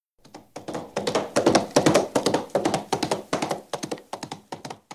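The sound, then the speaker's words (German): Horses galloping out of the forest in the dark: a rapid, steady stream of hard hoofbeats, thudding and clattering in irregular clusters, fairly loud throughout and briefly dropping out near the end. No one speaks. “Auf einmal höre ich Pferde im Galopp vom Wald kommen.”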